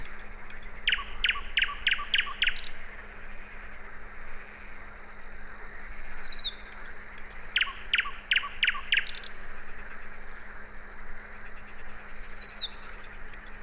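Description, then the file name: Common nightingale singing two phrases of five or six rapidly repeated piercing notes, separated by softer high whistles, with a continuous low hum. "Luscinia megarhynchos"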